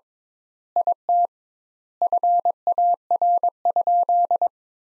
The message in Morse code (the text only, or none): IT FAR?